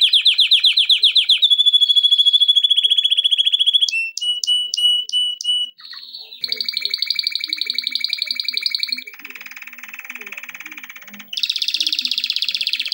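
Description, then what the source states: Canary song with varied phrases: fast chirp runs, a steady rolled trill, sharp spaced notes, then buzzy and rattling high trills in succession. Canary song intended for training.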